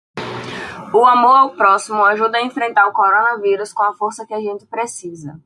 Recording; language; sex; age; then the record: spoken sentence; Brazilian Portuguese; female; 20 to 29 years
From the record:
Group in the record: control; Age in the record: 22 years